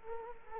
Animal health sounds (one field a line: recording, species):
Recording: mosquito wingbeat signal from an infrared sensor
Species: Culex quinquefasciatus